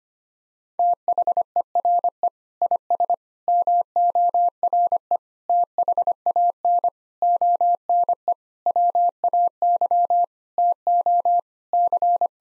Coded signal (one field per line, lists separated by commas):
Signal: Morse code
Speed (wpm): 25 wpm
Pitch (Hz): 700 Hz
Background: none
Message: THERE IS MORE THAN ONE WAY TO C